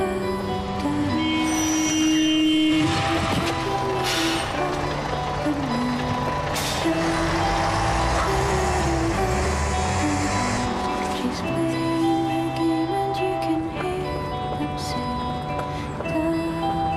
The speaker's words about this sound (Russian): На Жаслин движется автобус.